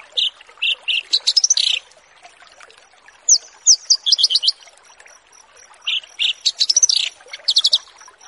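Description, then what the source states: Horsfield's bush lark song in short phrases of high, clipped whistles and quick rising notes, with pauses between them. Bird-keeping tutoring recording (masteran) for training birds.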